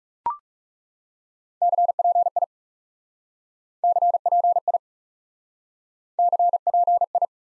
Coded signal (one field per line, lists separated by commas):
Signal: Morse code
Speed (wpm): 38 wpm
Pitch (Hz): 700 Hz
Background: none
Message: CPI CPI CPI